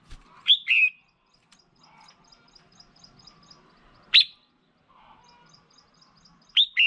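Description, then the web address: Red-whiskered bulbul calls: short upslurred chirps given three times, a few seconds apart, over faint high ticking. Female. "tieng chao mao mai. tieng dong vat"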